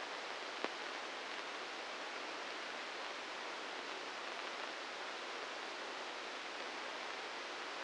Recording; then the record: brain microelectrode recording played as sound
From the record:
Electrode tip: inside the subthalamic nucleus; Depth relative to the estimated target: -1 mm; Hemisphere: right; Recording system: NeuroSet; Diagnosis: Parkinson's disease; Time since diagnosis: 15 years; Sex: female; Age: 59 years